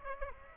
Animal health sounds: mosquito wingbeat signal from an infrared sensor; Aedes aegypti

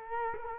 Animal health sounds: mosquito wingbeat signal from an infrared sensor; Culex quinquefasciatus

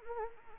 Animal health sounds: mosquito wingbeat signal from an infrared sensor; Anopheles arabiensis

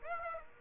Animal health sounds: mosquito wingbeat signal from an infrared sensor; Aedes aegypti

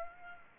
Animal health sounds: mosquito wingbeat signal from an infrared sensor; Aedes aegypti

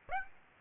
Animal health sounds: mosquito wingbeat signal from an infrared sensor; Aedes aegypti

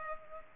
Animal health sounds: mosquito wingbeat signal from an infrared sensor; Culex pipiens

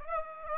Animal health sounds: mosquito wingbeat signal from an infrared sensor; Aedes aegypti

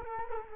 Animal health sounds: mosquito wingbeat signal from an infrared sensor; Culex quinquefasciatus

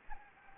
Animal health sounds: mosquito wingbeat signal from an infrared sensor; Anopheles gambiae

